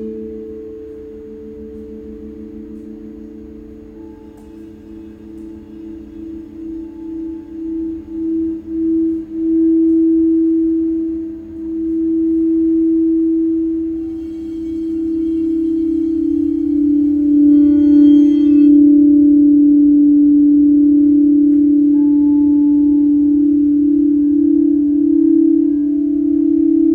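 A sound bath of sustained, humming tones, like singing bowls, holding steady pitches throughout. The drone slowly beats and pulses, swelling louder after about ten seconds, while brighter ringing overtones shimmer in briefly around fifteen to eighteen seconds.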